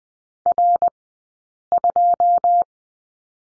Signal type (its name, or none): Morse code